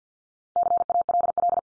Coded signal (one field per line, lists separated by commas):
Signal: Morse code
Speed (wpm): 48 wpm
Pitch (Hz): 700 Hz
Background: none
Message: CALL